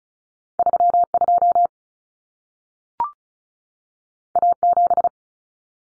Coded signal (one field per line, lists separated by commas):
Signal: Morse code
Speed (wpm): 36 wpm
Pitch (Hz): 700 Hz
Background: none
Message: 32 A7